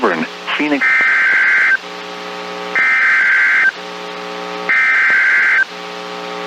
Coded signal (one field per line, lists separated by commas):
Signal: Emergency Alert System (SAME) tones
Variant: header bursts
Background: speech